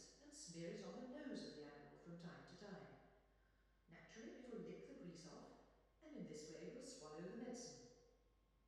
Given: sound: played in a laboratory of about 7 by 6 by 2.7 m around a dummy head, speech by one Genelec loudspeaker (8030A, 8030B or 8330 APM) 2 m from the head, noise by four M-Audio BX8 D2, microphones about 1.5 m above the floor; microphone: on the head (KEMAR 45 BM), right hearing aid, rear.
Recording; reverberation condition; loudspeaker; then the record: female speech in English; high; 30 degrees to the left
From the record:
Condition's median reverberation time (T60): about 1300 ms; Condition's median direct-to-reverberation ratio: about -4.0 dB